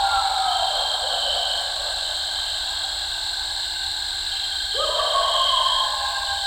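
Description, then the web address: Eastern coyote howls: a fading falling tone at the start, then a sharp upswept howl near the end, with steady high background noise throughout. "coyote song full. coyote ecology-of-our-eastern-coyotes"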